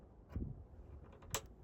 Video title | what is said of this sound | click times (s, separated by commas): Ram 1500 Throttle Hesitation FIXED! (Bad TPS Symptoms & Easy Replacement) | until you hear that click. That's how you know it's in. | 1.3 s